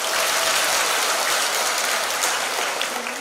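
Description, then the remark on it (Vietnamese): An audience at a dharma talk at Hoằng Pháp Pagoda claps steadily for a few seconds, a dense, even wash of many hands with no voices over it, fading slightly at the very end. “Thì cho rằng pháo tay.”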